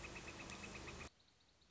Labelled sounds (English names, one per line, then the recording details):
Northern Flicker
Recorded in Sonoma County, California